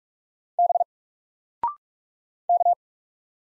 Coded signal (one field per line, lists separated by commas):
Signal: Morse code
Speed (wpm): 44 wpm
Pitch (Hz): 700 Hz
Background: none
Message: B K